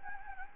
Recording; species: mosquito wingbeat signal from an infrared sensor; Anopheles gambiae